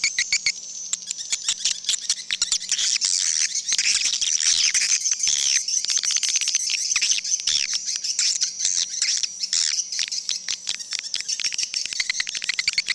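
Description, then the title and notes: Many swiftlets calling at once, a thick unbroken mass of high chirps, trills and ticking clicks with a low hum beneath. Swiftlet sounds used in swiftlet bird farming in Asia. "Swiflet Bird Sound. Farming Swiflet Bird asia sound"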